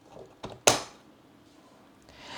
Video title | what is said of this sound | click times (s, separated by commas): DREAME D20 Plus – How to Attach Mop Pad and Fill Water Tank | Then once it's done, you can put it in until it clicks. | 0.7 s